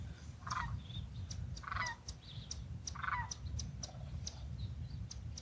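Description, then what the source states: Crane calls: a few rolling, rattling bursts, mixed with sharp chirps over a low background rumble. Cranes flying overhead on their return migration.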